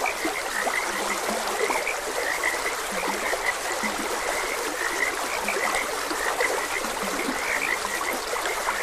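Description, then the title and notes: Frogs croaking in a busy chorus of rapid chirped notes, with scattered low croaks beneath, and running water hissing throughout. Frogs croaking beside a gentle stream. "Gentle Stream and Frogs Croaking. Sleep and Relaxation Podcast"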